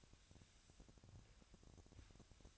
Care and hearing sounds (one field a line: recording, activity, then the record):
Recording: daily activity, microphone in the room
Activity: sweep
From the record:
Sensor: 2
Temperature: 25.5 degrees Celsius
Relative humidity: 38.8%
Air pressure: 1006.8 hPa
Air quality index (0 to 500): 198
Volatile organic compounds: 13 ppm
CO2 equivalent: 2426 ppm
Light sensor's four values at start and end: 9/22/9/9 and 9/22/9/9